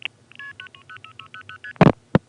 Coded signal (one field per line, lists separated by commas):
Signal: multi-frequency trunk signalling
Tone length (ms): 70 ms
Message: 0600ST